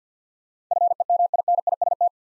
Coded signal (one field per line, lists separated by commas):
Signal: Morse code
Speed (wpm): 49 wpm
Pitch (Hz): 700 Hz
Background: none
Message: FEMINIST